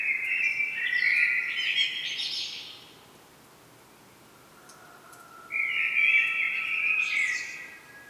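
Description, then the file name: Common blackbird song: a mellow warbling phrase with high twitters, then a pause before a second similar phrase. "Turdus merula"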